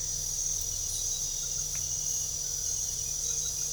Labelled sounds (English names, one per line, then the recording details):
none
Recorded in pastures near Puerto Asís, Putumayo, Colombia, on 22 December 2024 at 22:30
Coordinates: 0.497, -76.327
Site G088